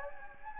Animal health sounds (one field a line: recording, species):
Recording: mosquito wingbeat signal from an infrared sensor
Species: Anopheles gambiae